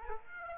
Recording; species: mosquito wingbeat signal from an infrared sensor; Aedes aegypti